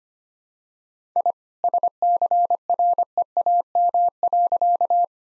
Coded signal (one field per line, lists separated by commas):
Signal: Morse code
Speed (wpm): 25 wpm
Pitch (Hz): 700 Hz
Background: none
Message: I SCREAM.